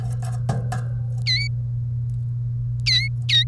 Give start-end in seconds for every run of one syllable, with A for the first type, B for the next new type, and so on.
1.26-1.47 A, 2.86-3.43 A